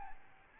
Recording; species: mosquito wingbeat signal from an infrared sensor; Aedes albopictus